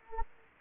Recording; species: mosquito wingbeat signal from an infrared sensor; Anopheles gambiae